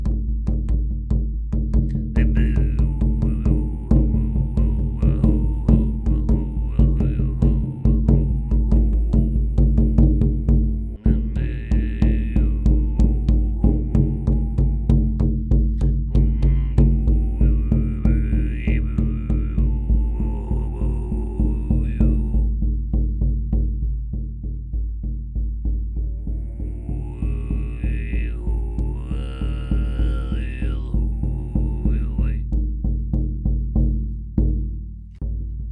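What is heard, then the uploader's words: Throat singing holds a low, steady drone while a whistling overtone melody rises above it in bursts, strongest from about 15 to 22 seconds and again from 25 to 33. A shamanic drum beats quickly and evenly throughout, and everything fades near the end. Sounds of Throat Singing and Shamanic Drum. This is a small part of my practising of some kind of Kargyraa style throat singing meanwhile playing on my shamanic drum. It’s fully natural, no effects were used.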